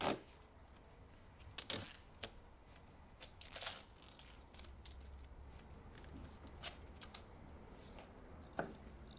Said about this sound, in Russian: Она замечает сверчка.